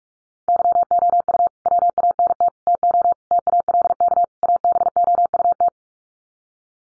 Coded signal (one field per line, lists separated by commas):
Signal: Morse code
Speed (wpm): 44 wpm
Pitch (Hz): 700 Hz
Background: none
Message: YOU WANT TO TALK ABOUT